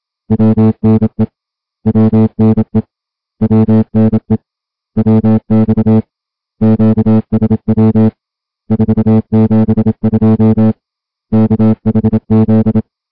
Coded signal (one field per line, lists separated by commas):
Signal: Morse code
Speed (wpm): 27 wpm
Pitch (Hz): 220 Hz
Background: music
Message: WNE WNE WNE WX QSW 472 KHZ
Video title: High Seas Weather Broadcast August 8, 2021 WNE 472 kHz